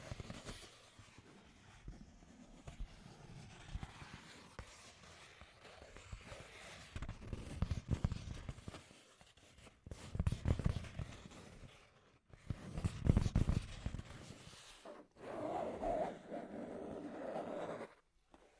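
Scratchy tapping and rubbing run throughout, a dense crackle of small clicks with low thumps underneath. Louder bursts come near 8, 10.5 and 13 seconds, with brief pauses around 12 and 15 seconds, then a steadier scraping passage before it stops near 18 seconds.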